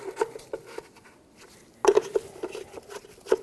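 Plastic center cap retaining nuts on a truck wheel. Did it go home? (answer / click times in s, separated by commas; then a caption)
no / none. Plastic retaining nuts for the wheel center cap on a 2007-2014 Chevrolet Silverado 2500 HD truck are snugged by hand with the lug-nut socket in a cross pattern. Light plastic taps and rattles are heard throughout, with a sharper burst of handling at about 1.9 s. Nothing has clicked or seated yet.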